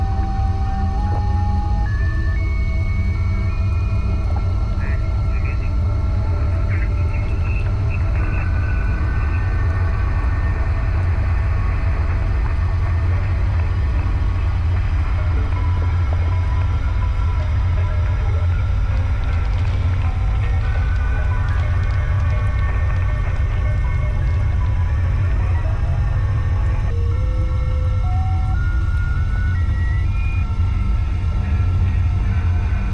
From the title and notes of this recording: The sounds of an arctic vessel’s engine idling along with the sounds of occasional cracking ice in the background. The ship is a Norwegian Research and Expedition Vessel named the RV Lance.